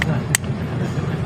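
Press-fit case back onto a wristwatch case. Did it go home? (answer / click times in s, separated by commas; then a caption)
yes / 0.3 s. A press-fit case back is pressed onto a wristwatch case with a case press tool, giving a few small contact sounds over a low steady background. Then one sharp snap comes at 0.4 s as the case back presses home and locks in place.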